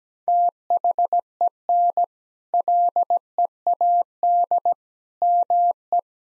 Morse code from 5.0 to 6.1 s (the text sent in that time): ME